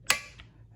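A preset torque wrench tightens a steel scope mount screw while mounting a scope to a rifle, and it breaks over with a sharp, bright click at 0.1 s. A much fainter tick follows at 0.4 s before the sound fades. The screw reaches its set torque.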